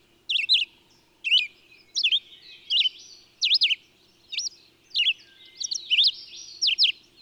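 Bird song: high, sharp chirps with quick swooping notes, given in short bursts roughly once a second.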